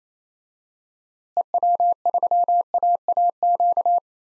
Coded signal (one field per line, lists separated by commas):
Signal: Morse code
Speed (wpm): 28 wpm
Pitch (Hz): 700 Hz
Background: none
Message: EW3AAQ